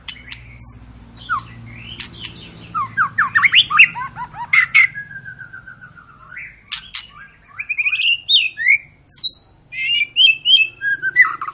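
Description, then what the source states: White-rumped shama song of varied whistled phrases and rapid trills, loud and soft in turn, over a low hum at the start. Long lure song (pancingan) of an energetically singing (gacor) shama, used to prompt other birds to sing.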